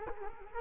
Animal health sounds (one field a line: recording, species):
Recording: mosquito wingbeat signal from an infrared sensor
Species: Culex quinquefasciatus